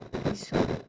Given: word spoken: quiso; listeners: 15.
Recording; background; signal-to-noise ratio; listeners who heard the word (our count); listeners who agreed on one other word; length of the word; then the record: one Spanish word in noise, from a listening test; noise modulated by one talker; -9.9 dB; 0 of 15; 14 of 15; 0.49 s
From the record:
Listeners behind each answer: 14, 1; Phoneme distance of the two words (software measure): 10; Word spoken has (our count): 2 syllables, 4 phonemes, stress on syllable 1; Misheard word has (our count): 2 syllables, 4 phonemes, stress on syllable 1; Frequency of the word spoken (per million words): 65.99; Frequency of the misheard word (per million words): 62.99